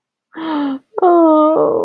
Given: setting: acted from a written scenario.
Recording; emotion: vocal sound without words; sadness